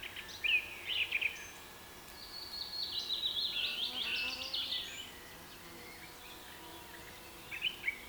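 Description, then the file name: Birds calling, with short high chirps early, then a long buzzy, rattling trill in the middle, and a brief chirp near the end over a quiet hiss. Rain forest habitat. "KPR Sounds - Rain Forest Bird Sounds"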